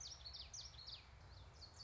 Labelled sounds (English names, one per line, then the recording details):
Common Yellowthroat
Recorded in Sonoma County, California